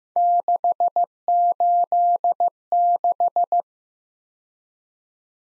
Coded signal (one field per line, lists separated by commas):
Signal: Morse code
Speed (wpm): 15 wpm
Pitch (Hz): 700 Hz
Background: none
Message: 686